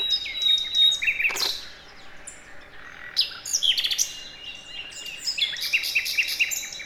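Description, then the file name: Common nightingale: varied bird song of chirps, quick trills and pure whistles in separate phrases, broken by a brief noise near the start. "Luscinia megarhynchos"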